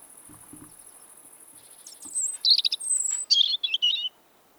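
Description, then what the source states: European robin song: after a few soft low sounds, thin high whistles and tinkling warbled notes rise clearly over a faint steady hiss. Autumn song, singing again now with the arrival of northern migrants.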